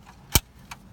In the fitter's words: just click into place just like that